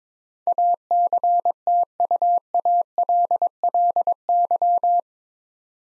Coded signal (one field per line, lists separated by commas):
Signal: Morse code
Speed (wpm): 22 wpm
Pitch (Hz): 700 Hz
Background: none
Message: ACTUALLY